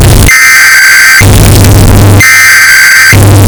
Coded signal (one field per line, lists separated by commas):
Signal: Emergency Alert System (SAME) tones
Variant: header bursts